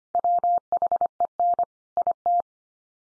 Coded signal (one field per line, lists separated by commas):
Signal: Morse code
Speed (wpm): 25 wpm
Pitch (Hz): 700 Hz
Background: none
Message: WHEN IT